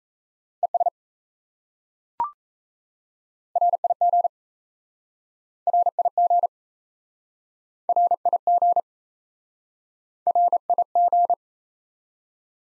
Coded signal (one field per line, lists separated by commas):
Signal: Morse code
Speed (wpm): 38 wpm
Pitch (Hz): 700 Hz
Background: none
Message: ES RIG RIG RIG RIG